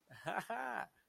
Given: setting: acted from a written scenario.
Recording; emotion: vocal sound without words; pride